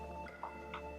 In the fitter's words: gonna send this let you know here like here and feel it audible click so